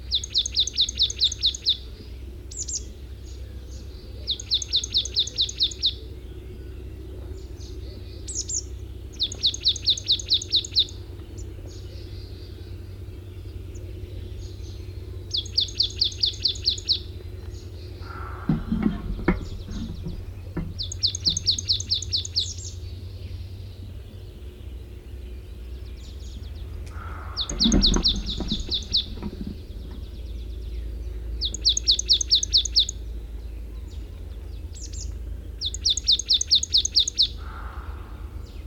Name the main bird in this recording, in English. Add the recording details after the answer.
Marsh Tit. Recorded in the wild. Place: Venz, Insel Rügen, Mecklenburg-Vorpommern, DE. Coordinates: 54.497, 13.302. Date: 1974-04-07. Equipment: Nagra III BH, Sennheiser MD 21, parabola. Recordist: Schubert, Michael. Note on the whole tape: scharfe Kurzrufe v. 3 Sumpfmeisen, dann Gesang v. 1 Ex